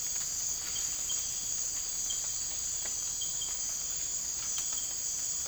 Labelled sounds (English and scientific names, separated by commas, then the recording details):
none
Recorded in dense forest near Puerto Asís, Putumayo, Colombia, on 20 December 2024 at 02:00
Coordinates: 0.481, -76.323
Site G100